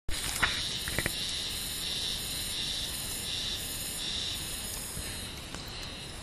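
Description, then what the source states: Haruzemi cicadas in a continuous, high buzzing chorus with gently pulsing waves of sound and a few sharp clicks near the start. Recorded 18 May 2009.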